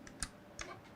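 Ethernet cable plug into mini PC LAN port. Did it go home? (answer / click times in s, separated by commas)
yes / 0.2 s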